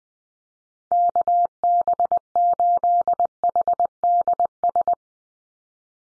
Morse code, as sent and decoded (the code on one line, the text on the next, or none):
-.- -... ---.. .... -.. ...
KB8HDS